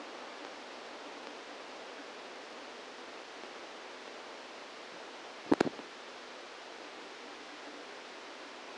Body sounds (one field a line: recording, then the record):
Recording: brain microelectrode recording played as sound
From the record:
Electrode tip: outside the subthalamic nucleus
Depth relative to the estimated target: 5 mm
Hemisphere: left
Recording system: NeuroSet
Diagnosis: Parkinson's disease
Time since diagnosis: 17 years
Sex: male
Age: 64 years